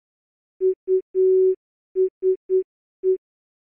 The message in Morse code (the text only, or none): USE